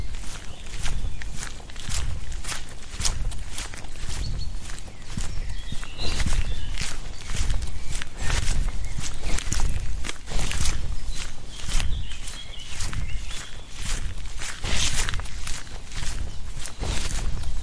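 A walk in the forest: footsteps crunch at a steady, regular pace the whole way through, with a low rumble underneath. A few faint bird chirps come through around the six-to-eight and twelve-second marks.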